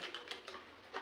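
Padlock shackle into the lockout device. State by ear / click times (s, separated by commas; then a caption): not seated / none. A lockout padlock, with its tag already attached, is handled as its shackle is brought toward the lockout device on a switched-off RCCB, meant to keep the breaker from being switched back on. Short, light metallic handling taps come at about 0.2, 0.3, 0.5 and 1.0 seconds over a quiet background. The shackle has not yet snapped shut, and nothing has seated or clicked.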